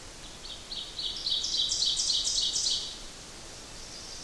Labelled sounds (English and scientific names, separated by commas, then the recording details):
Ovenbird (Seiurus aurocapilla) song
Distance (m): 15 m
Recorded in boreal forest in Alberta, Canada, on 8 June 2016 at 06:48
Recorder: SongMeter 3, array SBT-3-9
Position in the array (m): 47 m, 103 m
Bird 33